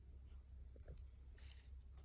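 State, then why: Not seated. An interchangeable lens is being handled at the bayonet mount of a Canon Rebel T5 DSLR camera body, lined up on the white index marks and being turned toward its locking position. Over a steady low rumble there are soft handling rustles and a brief light scrape around 1.5 seconds. The lens has not clicked or locked into place yet.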